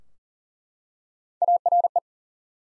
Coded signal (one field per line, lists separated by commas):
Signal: Morse code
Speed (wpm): 39 wpm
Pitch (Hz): 700 Hz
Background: none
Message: ARE